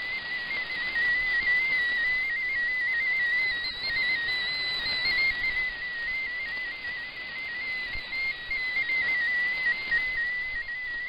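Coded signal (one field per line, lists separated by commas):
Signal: multi-tone FSK (Olivia or MFSK type)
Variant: MFSK16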